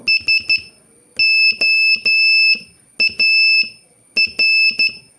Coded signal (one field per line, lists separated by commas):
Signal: Morse code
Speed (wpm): 12 wpm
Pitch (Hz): 2650 Hz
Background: none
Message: SOAR